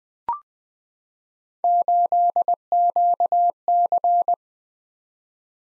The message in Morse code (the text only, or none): 8QC